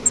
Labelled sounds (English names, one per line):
Grace's Warbler flight call